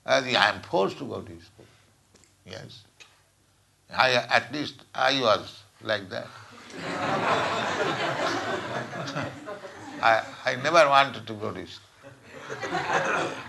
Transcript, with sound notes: I am forced to go to school. Yes. At least, I was like that. [laughter] I never wanted to go to school.